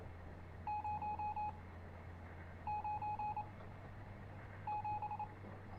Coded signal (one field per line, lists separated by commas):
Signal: Morse code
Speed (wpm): 26 wpm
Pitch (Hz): 840 Hz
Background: none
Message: 097